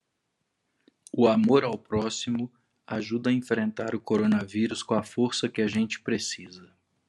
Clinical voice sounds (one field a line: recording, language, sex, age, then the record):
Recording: spoken sentence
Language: Brazilian Portuguese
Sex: male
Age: 50 to 59 years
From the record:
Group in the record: control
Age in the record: 50 years